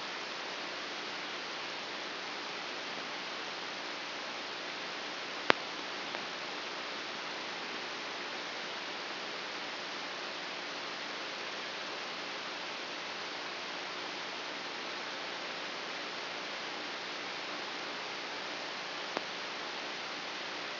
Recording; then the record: brain microelectrode recording played as sound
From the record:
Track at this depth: inside the subthalamic nucleus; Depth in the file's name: 4.002 mm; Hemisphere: left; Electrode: 2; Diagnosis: Parkinson's disease